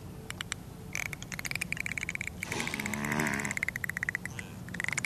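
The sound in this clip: Bottlenose dolphin pulsed calls, buzzy repeated squawks and clicks in rapid series, with a rough, rattling burst midway over constant low rumbling noise.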